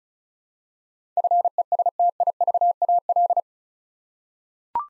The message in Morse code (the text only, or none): FESTIVAL